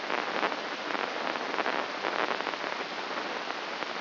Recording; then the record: brain microelectrode recording played as sound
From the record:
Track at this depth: inside the subthalamic nucleus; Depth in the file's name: 4.63 mm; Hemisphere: left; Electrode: 3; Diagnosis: Parkinson's disease